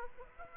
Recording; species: mosquito wingbeat signal from an infrared sensor; Aedes aegypti